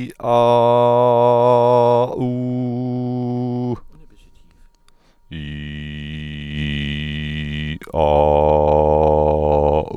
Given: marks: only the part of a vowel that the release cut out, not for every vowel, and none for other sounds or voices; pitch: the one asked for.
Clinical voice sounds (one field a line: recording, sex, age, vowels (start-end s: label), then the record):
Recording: sustained vowels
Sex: male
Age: 30 to 39 years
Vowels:
0.62-1.93 s: vowel /a/, high pitch
2.32-3.69 s: vowel /u/, high pitch
5.46-7.40 s: vowel /i/, low pitch
8.05-9.70 s: vowel /a/, low pitch
From the record:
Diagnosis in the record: healthy voice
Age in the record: 39 years